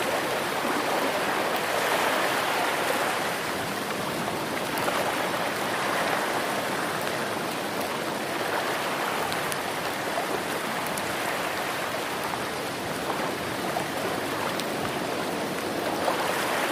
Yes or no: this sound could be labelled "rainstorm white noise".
yes